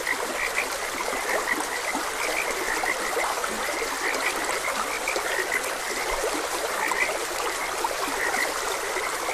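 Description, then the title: Frogs croaking steadily in quick bursts of bright notes, with a flowing stream hissing evenly underneath the whole time. Frogs croaking beside a gentle stream. "Gentle Stream and Frogs Croaking"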